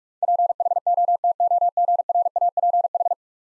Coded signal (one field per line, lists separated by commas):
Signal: Morse code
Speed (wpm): 46 wpm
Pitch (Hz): 700 Hz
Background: none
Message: PHOTOGRAPH